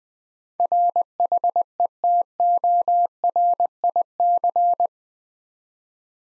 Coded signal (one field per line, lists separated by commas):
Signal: Morse code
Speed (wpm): 21 wpm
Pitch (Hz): 700 Hz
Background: none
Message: RHETORIC